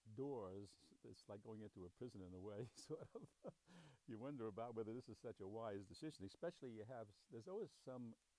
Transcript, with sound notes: doors, it's like going into a prison in a way, sort of. [chuckles] You wonder about whether this is such a wise decision. Especially, you have — there's always some